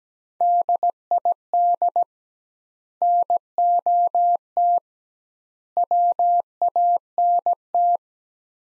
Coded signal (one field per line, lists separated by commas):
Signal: Morse code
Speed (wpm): 17 wpm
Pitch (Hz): 700 Hz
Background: none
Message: DID NOT WANT